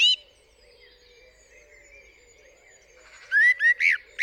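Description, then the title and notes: Common blackbird singing: a brief high note, a long quiet stretch, then a few rising, squeaky whistled notes near the end. Singing on a studio roof in the UK, 8 April 2020 around 7am, during Covid-19 lockdown; recorded with a parabolic dish, MKH50 and MKH30 microphones in M/S to a Sonosax R4+ recorder. "Blackbird On A Still Morning. I would like to share this recording I made this morning on the 8th April 2020 around 7am. A Blackbird singing on the roof of my studio"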